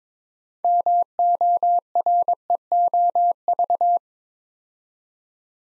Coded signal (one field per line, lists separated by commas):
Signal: Morse code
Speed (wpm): 22 wpm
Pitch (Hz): 700 Hz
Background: none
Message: MOREOV